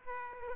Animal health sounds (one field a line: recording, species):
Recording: mosquito wingbeat signal from an infrared sensor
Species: Aedes aegypti